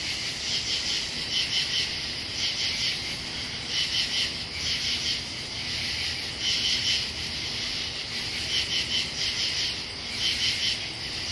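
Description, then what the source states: Katydid song: repeated raspy bursts of two or three pulses every couple of seconds, many insects overlapping in a dense high drone. Pennsylvania.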